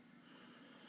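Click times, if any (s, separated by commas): none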